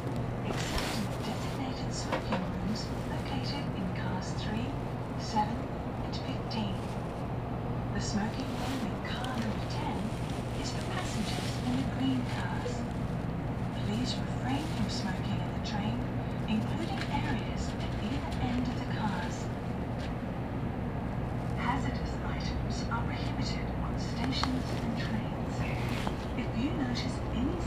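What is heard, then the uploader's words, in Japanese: Inside a Kodama car of the Tokaido Shinkansen running from Nagoya to Toyohashi, a steady, dense low rumble and hum hold level for the whole stretch. Murmured voices come and go beneath it, with scattered brief clicks and rattles throughout. 東海道新幹線 名古屋→豊橋 こだま号自由席。14号車に乗車しました。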